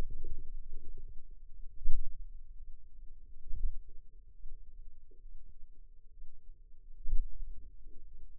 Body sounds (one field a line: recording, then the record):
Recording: forearm muscle sounds (acoustic myography)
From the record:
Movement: pen grasping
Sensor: system 2, bracelet of six BSWA MPA416 microphones around the upper forearm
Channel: 5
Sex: female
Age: 22 years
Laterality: right